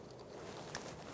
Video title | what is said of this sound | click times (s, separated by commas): How to Replace Control Arm Alignment Camber Kits 2014-2018 Chevrolet Silverado 1500 | Push until you hear a click. | 0.7 s